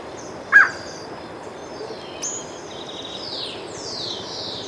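Bird calls: one short sharp click, then faint, thin high whistles sliding downward late, over background hiss.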